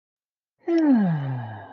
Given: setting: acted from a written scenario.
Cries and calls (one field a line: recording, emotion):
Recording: vocal sound without words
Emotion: contentment